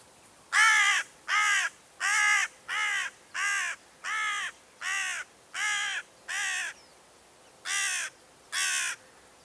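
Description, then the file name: Carrion crow calling: a steady series of eleven harsh, rasping caws, each about half a second long, spaced roughly every second with one brief pause. "Corvus corone"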